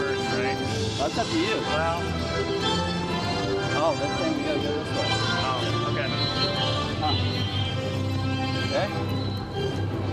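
A walk through a busy park, with a steady crowd of overlapping voices, occasional clearer speech and rising calls, and a constant low rumble beneath.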